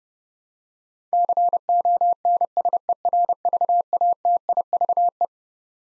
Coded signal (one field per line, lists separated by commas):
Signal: Morse code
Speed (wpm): 30 wpm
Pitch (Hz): 700 Hz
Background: none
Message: CONSERVATIVE